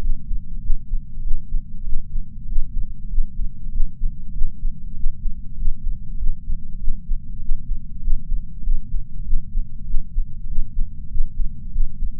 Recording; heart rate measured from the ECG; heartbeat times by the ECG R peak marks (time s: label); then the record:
heart sounds by patch sensor on the chest; 98 bpm
0.04 s: heartbeat
0.61 s: heartbeat
1.22 s: heartbeat
1.84 s: heartbeat
2.46 s: heartbeat
3.08 s: heartbeat
3.71 s: heartbeat
4.36 s: heartbeat
4.94 s: heartbeat
5.55 s: heartbeat
6.17 s: heartbeat
6.79 s: heartbeat
7.39 s: heartbeat
8.00 s: heartbeat
8.62 s: heartbeat
9.24 s: heartbeat
9.85 s: heartbeat
10.46 s: heartbeat
11.08 s: heartbeat
11.71 s: heartbeat
From the record:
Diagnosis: coronary artery disease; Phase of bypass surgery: intraoperative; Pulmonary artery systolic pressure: 20 mmHg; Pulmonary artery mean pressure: 11 mmHg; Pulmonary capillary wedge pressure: 4 mmHg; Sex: male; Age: 69 years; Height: 174 cm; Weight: 79 kg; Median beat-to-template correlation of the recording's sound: 0.72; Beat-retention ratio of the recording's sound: 0.98